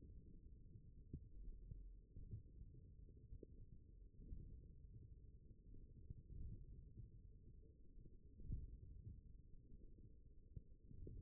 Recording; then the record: forearm muscle sounds (acoustic myography)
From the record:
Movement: wrist flexion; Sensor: system 1, eight BSWA MPA416 microphones around the upper forearm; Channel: 7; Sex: male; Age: 42 years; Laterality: right